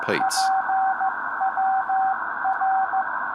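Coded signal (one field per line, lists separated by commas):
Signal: Morse code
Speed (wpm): 14 wpm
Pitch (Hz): 770 Hz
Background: speech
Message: PWR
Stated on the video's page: Morse ident from a new replacement 2m VHF beacon, now in service, succeeding an older beacon that ran about 30 years.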